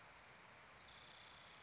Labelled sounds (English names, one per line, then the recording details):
Spotted Towhee
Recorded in Sonoma County, California